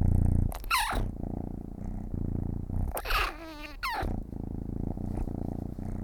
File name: cat